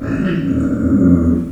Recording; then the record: squeal of a Yucatan mini pig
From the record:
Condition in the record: after surgery on the right vocal fold (resection and tissue-engineered implant); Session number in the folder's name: 6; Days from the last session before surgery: 40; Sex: female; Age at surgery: 19 weeks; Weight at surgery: 25 kg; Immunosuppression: prednisolone